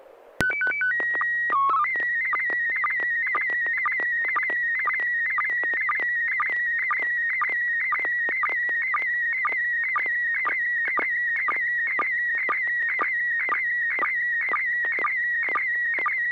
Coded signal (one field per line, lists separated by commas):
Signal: SSTV (slow-scan television)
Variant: PD 120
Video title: N6NA SSTV Net - 01/20/2021